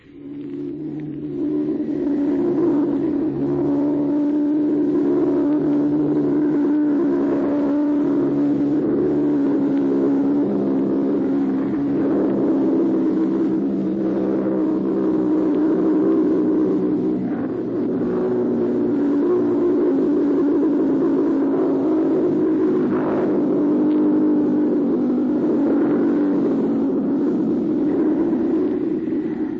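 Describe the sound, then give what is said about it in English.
A V-1 flying bomb's pulsejet engine, recorded in flight in southern England, drones without pause, a loud, rough, low buzzing roar with a hissy edge that holds steady for about half a minute, with no voices. “listeners heard the actual sound of a robot bomb in flight”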